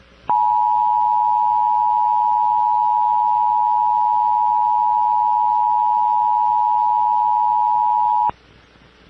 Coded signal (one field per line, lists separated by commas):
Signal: Emergency Alert System (SAME) tones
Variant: 853 and 960 Hz attention tone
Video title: Virtual EAS Tornado Watch